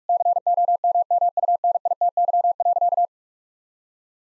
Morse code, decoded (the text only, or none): COMMUNITY.